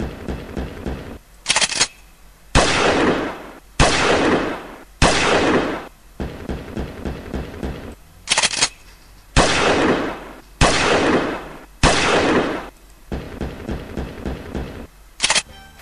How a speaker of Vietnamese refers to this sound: Súng ở đâu nổ lớn quá? Một tràng súng nữa át cả tiếng dạ của Thành.